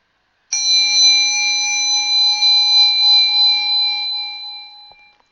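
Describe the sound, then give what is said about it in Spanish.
A single meditation bell is struck once, its bright, high ringing tone with steady overtones sustaining and slowly fading away into silence over about five seconds, with no voices. “A continuación, va a sonar una campanilla de meditación. Debéis seguir su sonido hasta el final, hasta que se haga el vacío.”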